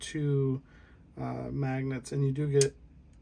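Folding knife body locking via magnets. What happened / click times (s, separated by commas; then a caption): No snap yet; the magnetic catch has not closed / none. Someone talks while handling a 3D-printed folding utility knife whose body flips open and is held by two magnets. Only speech is heard, with a faint tick near the end. Nothing has seated or clicked yet.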